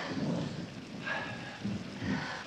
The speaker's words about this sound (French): Il y a une scène de pluie dans le film. Il y a un orage.